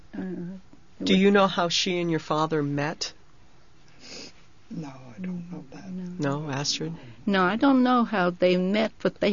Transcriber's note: none